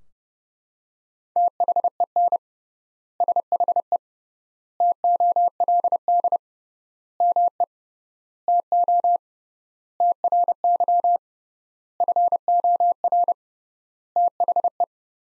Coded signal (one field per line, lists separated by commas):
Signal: Morse code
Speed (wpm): 30 wpm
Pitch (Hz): 700 Hz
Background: none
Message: THEN SHE TOLD ME TO TRY FOR THE